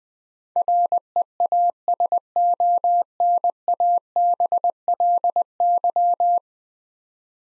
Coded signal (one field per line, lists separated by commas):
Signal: Morse code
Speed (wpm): 20 wpm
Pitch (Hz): 700 Hz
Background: none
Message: REASONABLY